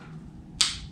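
A Sena 50S motorcycle helmet intercom unit is slid down the ridge of its helmet mounting clamp over a low, steady background rumble. A single sharp, bright snap at 0.6 s rings out briefly and fades. The unit is seated on the mount.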